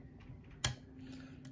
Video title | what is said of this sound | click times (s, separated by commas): 'MICHAEL MYERS' Challenge lock pick and gut | Okay, nice click out of 4. | 0.6 s